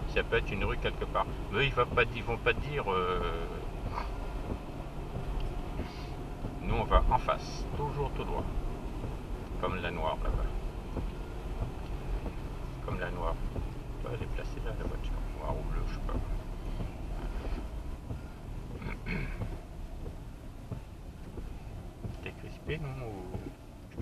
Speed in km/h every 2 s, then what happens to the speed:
39, 38, 39, 39, 37, 36, 33, 29, 24, 12, 8, 3.
0-11 steady at about 38. 11-24 slows to 3.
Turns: none.